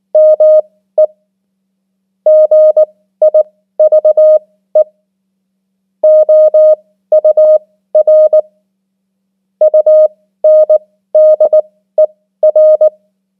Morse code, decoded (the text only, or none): ME GIVE OUR UNDER